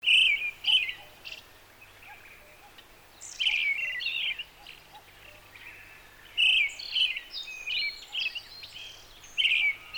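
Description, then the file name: Brown-headed thrush singing: short phrases of clear and slightly harsh notes, given several times with pauses between them, over a faint low hum. "akahara"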